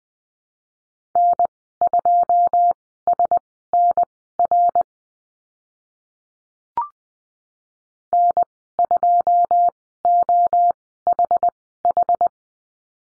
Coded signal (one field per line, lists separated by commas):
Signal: Morse code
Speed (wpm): 20 wpm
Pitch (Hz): 700 Hz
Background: none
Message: N2SNR N2OHH